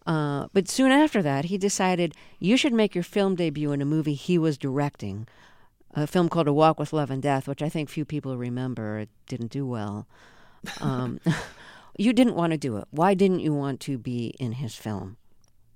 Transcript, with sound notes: But soon after that, he decided you should make your film debut in a movie he was directing, a film called "A Walk With Love And Death," which I think few people remember. It didn't do well.
(LAUGHTER)
You didn't want to do it. Why didn't you want to be in his film?